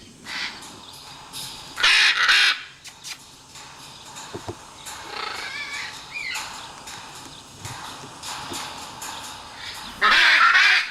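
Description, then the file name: Great green macaw giving loud harsh squawks in short bursts, separated by quieter stretches with fainter calls. "guacamayo ara ambigua"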